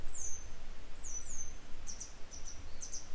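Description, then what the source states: Grey wagtail calling with quick, piercing high notes, first slurred downward, then short doubled chips, over low background rumble. A pair of adults calling while still searching for their young.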